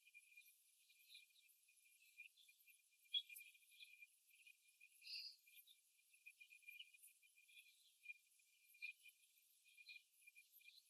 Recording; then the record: young laying hens in a cage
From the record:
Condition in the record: before the stressor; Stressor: simulated dog barking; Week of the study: 1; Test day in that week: 1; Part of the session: 3